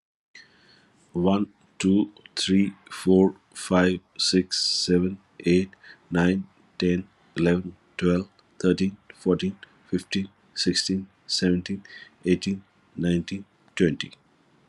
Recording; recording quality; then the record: counting at a normal pace; excellent, no background noise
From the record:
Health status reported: COVID-19 positive, moderate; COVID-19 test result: positive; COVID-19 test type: RT-PCR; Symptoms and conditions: cough, sore throat, hypertension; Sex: male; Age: 52 years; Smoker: no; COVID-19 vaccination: both doses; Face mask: not worn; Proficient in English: yes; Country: India